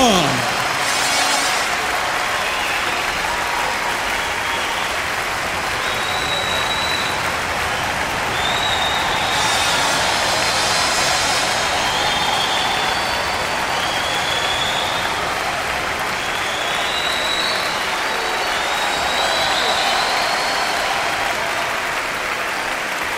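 A crowd claps steadily and loudly for over twenty seconds, a dense wash of applause with a few brief whistles and cheers rising above it.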